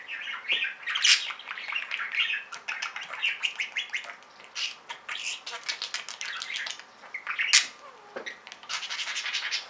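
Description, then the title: Budgerigar gives a continuous busy warble of scratchy chirps, clicks and squeaky notes throughout. "Budgie Sounds"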